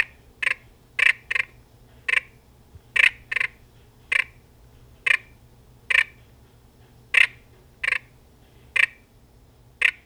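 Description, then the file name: Sauter's frog producing single sharp clucking notes, mostly spaced about one second apart, sometimes doubled, steady and loud over a faint low background hum. "Rana sauteri"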